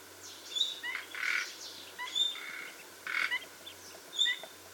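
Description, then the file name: Common nightingale calling with clear high whistled notes and rough croaking rasps, several in quick irregular succession against a faint continuous hiss. "Luscinia megarhynchos"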